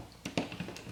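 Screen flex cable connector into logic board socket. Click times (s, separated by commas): 0.4 s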